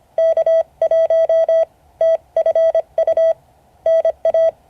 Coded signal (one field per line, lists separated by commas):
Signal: Morse code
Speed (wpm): 25 wpm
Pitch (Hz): 650 Hz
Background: none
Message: K1TFU NA